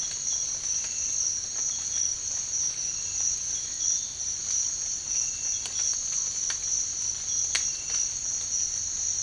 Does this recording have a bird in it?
no